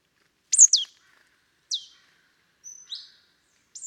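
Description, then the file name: Marsh tit giving a quick series of sharp, high, falling call notes, a doubled note first, then single and buzzier notes, with silence between. "Poecile palustris"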